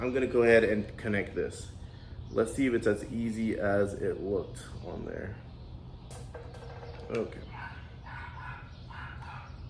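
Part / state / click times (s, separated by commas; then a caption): wiring connector onto fuel pump assembly / not seated / none. A plastic wiring connector is being handled for pushing onto the fuel pump assembly of a Honda S2000's removed, rusted fuel tank. Someone talks for the first few seconds, then there are quieter handling and rustling sounds with a couple of faint bumps around 6.1 and 6.4 seconds. Nothing has seated or clicked yet.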